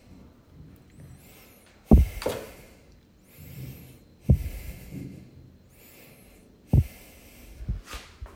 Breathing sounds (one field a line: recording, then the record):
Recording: deep breathing after running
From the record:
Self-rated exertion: moderate exertion (3 of 6)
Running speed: 6 miles an hour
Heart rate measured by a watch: 97 beats a minute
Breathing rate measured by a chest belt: 21 breaths a minute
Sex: male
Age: 29 years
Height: 172 cm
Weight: 70 kg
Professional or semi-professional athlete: no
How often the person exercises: 1 to 2 times a week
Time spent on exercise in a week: 3 to 4 hours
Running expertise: no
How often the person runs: 1 to 2 times a week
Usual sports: weight training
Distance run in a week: 20 km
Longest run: 21 km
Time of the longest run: 120 minutes